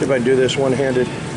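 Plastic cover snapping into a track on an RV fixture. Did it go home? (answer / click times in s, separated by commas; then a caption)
no / none. A plastic cover or lens on a fixture of a 2006 Super Lite toy hauler RV is squeezed together and pushed one-handed into its track, where it sits in recesses on each side. Someone talks throughout, and no distinct click is heard. The clip ends before the cover snaps in, so nothing has seated or clicked yet.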